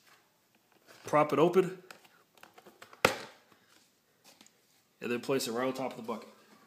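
A plastic portable toilet seat is handled with its lid propped open and set onto the rim of a plastic bucket while someone talks, and a sharp plastic knock lands at 3.1 s. Nothing has seated or clicked yet; the clip ends before the seat snaps home.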